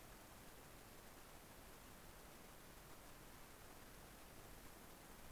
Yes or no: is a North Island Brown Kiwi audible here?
no